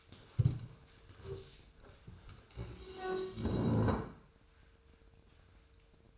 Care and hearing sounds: daily activity, microphone in the room; stand up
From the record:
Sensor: 2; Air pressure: 1005.2 hPa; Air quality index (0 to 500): 100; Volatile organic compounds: 2 ppm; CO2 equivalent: 1212 ppm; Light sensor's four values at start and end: 7/17/7/7 and 7/17/7/7

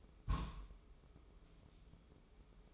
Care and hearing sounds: daily activity, microphone in the room; place on stove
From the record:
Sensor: 1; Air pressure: 995.5 hPa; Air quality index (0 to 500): 29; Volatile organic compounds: 1 ppm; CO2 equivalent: 552 ppm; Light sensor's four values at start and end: 29/102/39/40 and 29/102/39/40

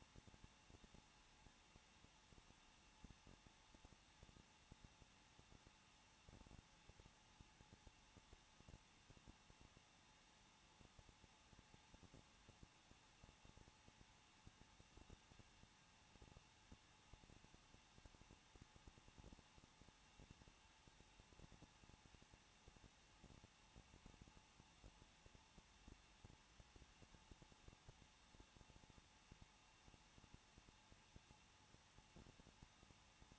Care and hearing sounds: daily activity, microphone in the room; no activity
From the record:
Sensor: 1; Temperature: 20.1 degrees Celsius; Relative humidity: 39.1%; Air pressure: 1006.4 hPa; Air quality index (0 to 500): 216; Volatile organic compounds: 73 ppm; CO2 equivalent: 3543 ppm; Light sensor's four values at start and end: 1/2/1/1 and 1/2/1/1

